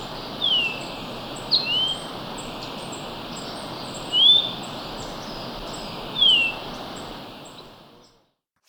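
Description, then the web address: Orange-bellied euphonia song: several thin slurred whistles at uneven intervals, ending in sudden silence. Recorded in Ecuador. "Birds of Ecuador Orange-Bellied Euphonia"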